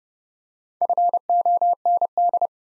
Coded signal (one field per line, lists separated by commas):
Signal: Morse code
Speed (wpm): 30 wpm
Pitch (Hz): 700 Hz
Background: none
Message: FOND